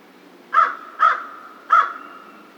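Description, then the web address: American crow calling with three rough, clipped caws in quick succession, a slight gap before the last. Recorded 2 March 2010. "Crow 2010 03 02 American Crow 03"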